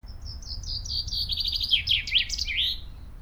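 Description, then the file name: Common chaffinch song: a bright, rapid trill of chipping notes that accelerates and drops in pitch, ending in a quick flourish, over low background rumble. "Fringilla coelebs"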